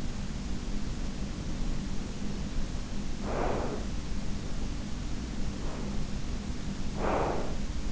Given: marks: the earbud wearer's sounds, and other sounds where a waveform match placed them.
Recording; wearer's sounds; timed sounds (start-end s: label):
sounds in sleep by an in-ear microphone; breath
0.99-4.16 s: breath
5.46-7.92 s: breath